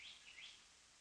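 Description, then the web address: Kentucky Warbler calling, two quick slurred notes that rise and fall in a clear high voice, followed by a moment of soft steady hiss. "Peterson North American Birds iso sound kewa"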